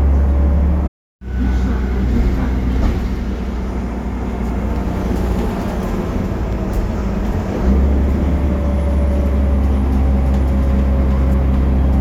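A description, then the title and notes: A bus rumbles along with a steady, dense low engine drone and a busy mid-range rattle. Near the one-second mark the sound drops out completely for a moment, then returns. From about 7.5 seconds on, the low hum thickens and settles into a steadier tone. Public Transport in Istanbul. BredaMenarinibus Avancity+ CNG (Karsan). White Noise Bus.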